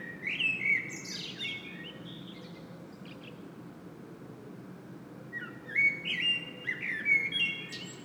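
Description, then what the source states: Common blackbird song in two phrases: a warbled whistle with a high twittering ending, a long pause, then another flowing fluted phrase with scratchy high notes. Singing in Saint-Gilles, Belgium; recorded with a Sony PCM-M10 internal microphone.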